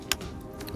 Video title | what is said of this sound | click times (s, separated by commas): Simrad® - RECON® Stow & Deploy | lock it into place. | 0.1 s